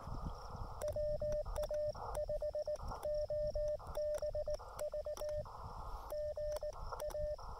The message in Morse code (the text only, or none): WA5OBV GA